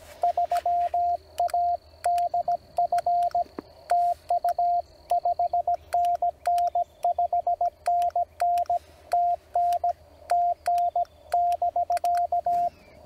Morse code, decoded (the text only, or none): 3ADF TU 5NN 5NN TN TN <BK>